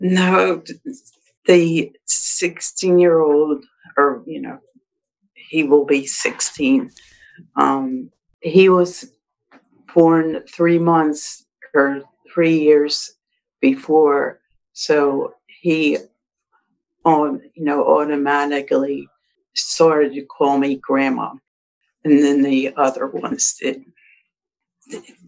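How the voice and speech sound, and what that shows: Halting speech from an adult woman with aphasia after a stroke, with long pauses, fillers and a swapped word (months for years), showing the word-finding difficulty of expressive aphasia.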